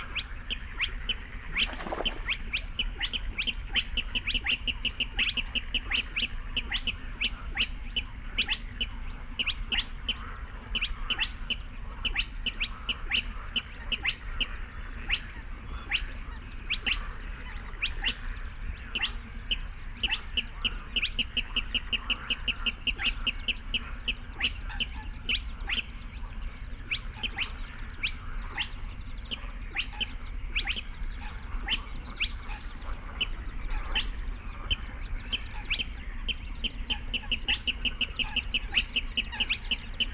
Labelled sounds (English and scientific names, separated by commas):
Spotted Crake (Porzana porzana)